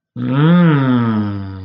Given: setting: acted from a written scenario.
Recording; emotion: vocal sound without words; romantic love